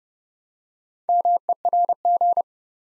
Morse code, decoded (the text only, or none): MERG